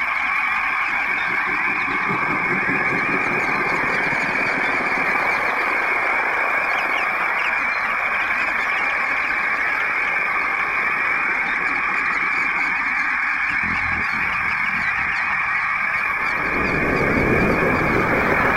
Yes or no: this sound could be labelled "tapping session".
no